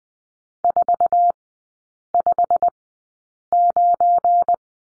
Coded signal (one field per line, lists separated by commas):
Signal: Morse code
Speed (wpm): 20 wpm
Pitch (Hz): 700 Hz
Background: none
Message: 459